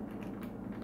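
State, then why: Not seated. A keyed drive hex is being pushed onto the front differential output of a Traxxas Stampede RC truck with a 7 mm driver during a front diff housing rebuild. A steady low hum with faint scraping handling noise is heard. Nothing has seated or clicked yet.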